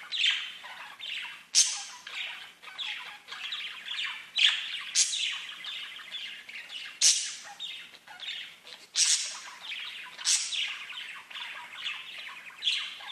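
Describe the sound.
Budgerigar chatter: continuous busy warbles, clicks and chirps with sharp squawks recurring throughout.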